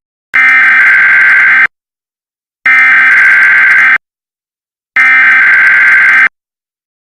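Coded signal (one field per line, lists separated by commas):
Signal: Emergency Alert System (SAME) tones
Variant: header bursts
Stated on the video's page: Fictional EAS scenario.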